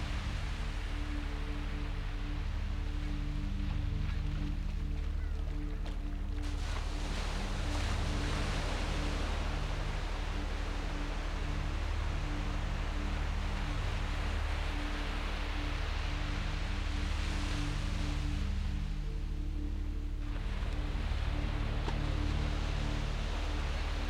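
Surf on a Mexican beach washes in a steady, dense hiss, swelling brighter from around 6 to 20 seconds and easing back near the end. Underneath runs a constant low hum with faint steady tones, like a soft droning undertone.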